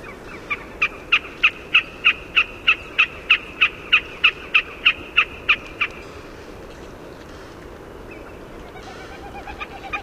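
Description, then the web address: Wilson's snipe with an even series of sharp repeated notes, about three a second for five seconds, then stopping; faint other sounds near the end. North America. "Songs of Birds of North America Know Your Bird Sounds. Wilsons Snipe"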